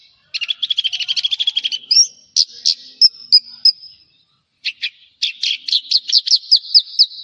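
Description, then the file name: Javan bush lark song: a fast buzzy trill, then a few sharp clicking notes, a brief silence, and a run of bright repeated notes climbing slightly in pitch. "suara burung branjangan jawa"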